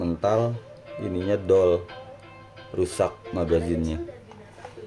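Someone talks over background music while handling a BB loader at a Glock 19 airsoft pistol gas magazine, with faint handling sounds near the end. Nothing has seated or clicked yet.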